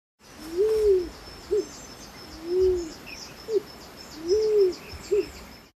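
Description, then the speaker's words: Rose-crowned Fruit Dove calling: low, soft arched hoots, each followed by a shorter note, repeated about every two seconds. Rare, endangered species observed on Sleeping Lizard Mountain (North Lismore Plateau), land threatened by residential development. "Here's the sound of the rose-crowned fruit dove."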